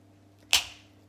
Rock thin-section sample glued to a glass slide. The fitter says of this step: you go you heard it pop off and now I can wedge that